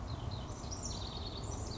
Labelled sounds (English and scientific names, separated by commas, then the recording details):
House Wren (Troglodytes aedon)
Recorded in Sonoma County, California